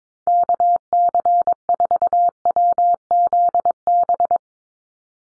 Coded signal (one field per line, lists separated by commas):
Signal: Morse code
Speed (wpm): 22 wpm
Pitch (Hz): 700 Hz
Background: none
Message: KC4WZB